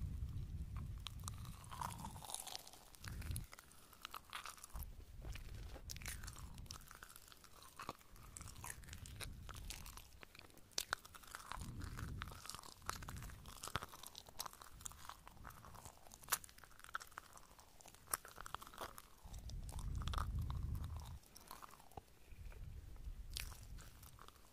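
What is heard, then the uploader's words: Wet chewing of marshmallow fills the recording, with soft squishy bites and sticky clicks repeating every second or so. Deeper mouthy bursts swell at around 1, 6, 12 and 20 seconds. ASMR 마시멜로우 이팅사운드 |MARSHMALLOW Eating Sound.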